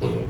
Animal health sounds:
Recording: contact call of a hoofed animal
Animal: pig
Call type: closed-mouth grunt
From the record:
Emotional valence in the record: negative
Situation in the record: short social isolation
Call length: 0.30 s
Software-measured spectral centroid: 1570 Hz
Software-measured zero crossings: 810 a second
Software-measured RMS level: -24 dBFS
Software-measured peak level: -11 dBFS

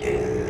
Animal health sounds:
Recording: contact call of a hoofed animal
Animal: pig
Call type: closed-mouth grunt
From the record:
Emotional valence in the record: negative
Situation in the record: short social isolation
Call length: 0.50 s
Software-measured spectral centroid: 1820 Hz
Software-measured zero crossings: 1200 a second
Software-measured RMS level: -24 dBFS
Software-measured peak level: -14 dBFS

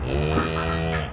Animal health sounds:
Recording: contact call of a hoofed animal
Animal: cattle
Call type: low-frequency (closed-mouth) or high-frequency (open-mouth) call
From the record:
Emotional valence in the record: negative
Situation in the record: full separation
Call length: 1.14 s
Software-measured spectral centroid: 1690 Hz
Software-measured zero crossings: 1770 a second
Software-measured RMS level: -24 dBFS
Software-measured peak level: -9 dBFS

